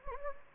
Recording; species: mosquito wingbeat signal from an infrared sensor; Anopheles gambiae